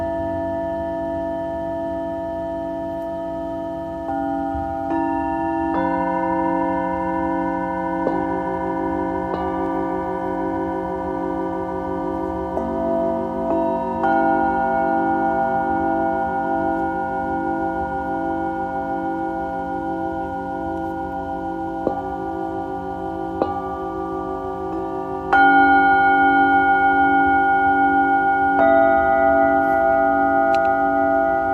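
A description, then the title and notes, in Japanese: Singing bowls are struck again and again, each new strike at roughly five-second intervals layering a fresh ringing tone over the long, unbroken hum of the earlier ones. The sustained tones waver with a slow, pulsing beat, and a stronger strike near the twenty-five second mark makes it louder. メキシコから シンギングボウルのサウンドヒーリング ライブ。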